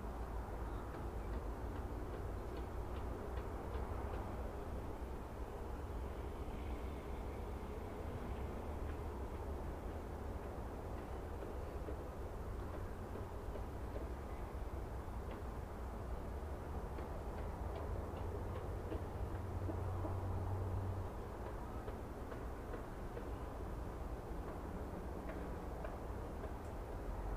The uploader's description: the ambient sounds of birds chirping, road noise, and construction noise